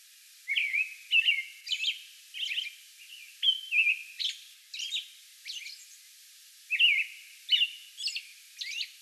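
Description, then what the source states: American robin song with a steady run of liquid phrases and sharp high notes, a longer pause, then more phrases. Song bout recorded May 11.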